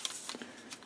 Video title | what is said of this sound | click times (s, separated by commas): My folding ruler collection | know snap into place and you can measure you know as far as long as you want | 0.0 s, 0.3 s